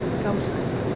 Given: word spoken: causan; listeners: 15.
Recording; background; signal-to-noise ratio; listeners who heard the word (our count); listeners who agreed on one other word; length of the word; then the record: one Spanish word in noise, from a listening test; speech-shaped noise; -5.2 dB; 0 of 15; 14 of 15; 0.55 s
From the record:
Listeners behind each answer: 14, 1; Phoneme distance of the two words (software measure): 7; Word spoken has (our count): 2 syllables, 6 phonemes, stress on syllable 1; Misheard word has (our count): 2 syllables, 5 phonemes, stress on syllable 1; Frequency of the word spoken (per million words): 6.22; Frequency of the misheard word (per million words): 152.61